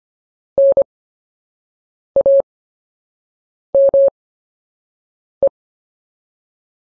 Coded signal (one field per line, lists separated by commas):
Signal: Morse code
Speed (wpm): 25 wpm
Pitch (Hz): 550 Hz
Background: none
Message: NAME